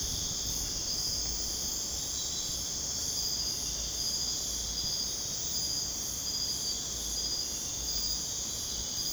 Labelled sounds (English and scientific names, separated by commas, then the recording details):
none
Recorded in dense forest near Puerto Asís, Putumayo, Colombia, on 22 June 2025 at 02:00
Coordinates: 0.486, -76.317
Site G065